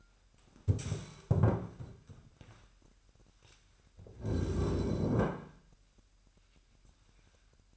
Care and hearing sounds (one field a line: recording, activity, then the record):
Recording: daily activity, microphone in the room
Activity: stand up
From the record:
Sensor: 2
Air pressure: 998.5 hPa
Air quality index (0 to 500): 126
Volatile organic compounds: 3 ppm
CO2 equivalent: 1431 ppm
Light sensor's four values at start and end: 6/15/6/7 and 5/12/5/5